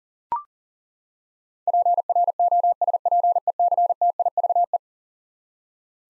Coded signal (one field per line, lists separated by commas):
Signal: Morse code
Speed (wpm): 37 wpm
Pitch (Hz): 700 Hz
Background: none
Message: PROSPECTIVE